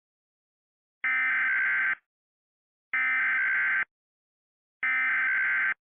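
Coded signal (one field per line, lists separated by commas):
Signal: Emergency Alert System (SAME) tones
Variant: header bursts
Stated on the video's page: Reenactment mock of a shelter-in-place warning, remade in BMH style.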